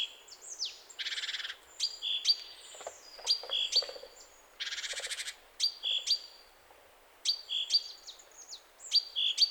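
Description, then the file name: Great tit calls: sharp high notes sliding down, mixed with harsh buzzy churring bursts, repeated irregularly throughout. "Parus major"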